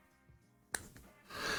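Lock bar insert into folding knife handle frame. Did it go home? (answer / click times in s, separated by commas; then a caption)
yes / 0.7 s. After cleaning, a lock bar insert is pressed back into the handle frame of a Tempest Knives Mach71 folding knife. A sharp, loud snap at 0.7 s marks the insert seating, followed by a much softer tick at 1.0 s and a rise in broadband noise toward the end. The insert snaps into place and is seated.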